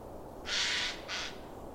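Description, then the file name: Eurasian jay uttering a loud, hoarse screech followed after a brief pause by a shorter rasping note. "Garrulus glandarius"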